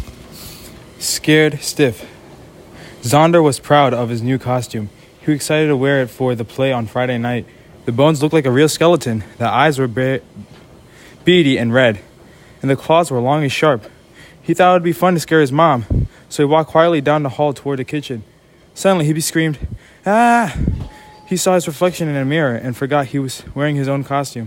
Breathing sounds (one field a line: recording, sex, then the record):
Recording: reading aloud after running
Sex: male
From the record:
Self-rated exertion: moderate exertion (3 of 6)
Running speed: 7 miles an hour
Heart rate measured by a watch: 158 beats a minute at the start, 154 at the end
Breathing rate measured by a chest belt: 30 breaths a minute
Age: 18 years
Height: 175 cm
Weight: 75 kg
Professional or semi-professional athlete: no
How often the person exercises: 3 to 5 times a week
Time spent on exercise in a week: 1 to 2 hours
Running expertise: no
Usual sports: weight training, gym workouts, basketball